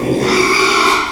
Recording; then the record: squeal of a Yucatan mini pig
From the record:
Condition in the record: after surgery on the right vocal fold (resection and tissue-engineered implant); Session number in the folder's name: 1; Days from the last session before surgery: 6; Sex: male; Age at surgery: 12 weeks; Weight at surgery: 13 kg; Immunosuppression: cyclosporine, prednisolone